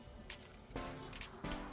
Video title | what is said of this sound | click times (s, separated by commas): UB Pro By Supcase for the Galaxy Z Fold 7 Quick Unboxing and Review | Uh, it snaps back into place. | 0.3 s